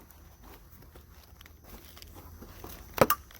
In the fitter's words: until it clicks. There we go.